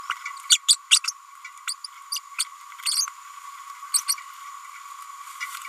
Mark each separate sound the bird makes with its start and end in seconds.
0.49-0.58, 0.68-0.77, 0.90-1.00, 1.07-1.12, 1.67-1.74, 2.12-2.19, 2.38-2.44, 2.85-3.07, 3.94-4.01, 4.08-4.15